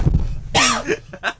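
A single strong, partly voiced dry cough bursts out, followed by two short, weaker coughs, with no mucus rattle. It is an irritative cough that has come back, set off by a pungent smell that makes breathing a struggle, with quiet room noise before it.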